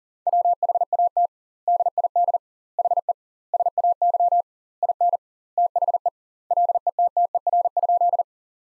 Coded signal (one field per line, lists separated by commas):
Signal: Morse code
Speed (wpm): 40 wpm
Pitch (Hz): 700 Hz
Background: none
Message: WHAT DID HE SAY IN THE LETTER?